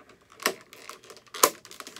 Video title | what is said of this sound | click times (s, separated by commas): ZoloWorld Protective Case For GIJoe Battle Corps Carded Figures | into place with a nice positive lock up that's not moving this | 0.5 s, 1.4 s